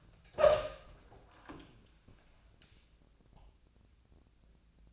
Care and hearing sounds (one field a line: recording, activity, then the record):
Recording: daily activity, microphone in the room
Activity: open door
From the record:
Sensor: 2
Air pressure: 1000.3 hPa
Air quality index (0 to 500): 158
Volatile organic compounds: 3 ppm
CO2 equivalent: 1320 ppm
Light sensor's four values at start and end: 10/25/10/11 and 10/25/11/11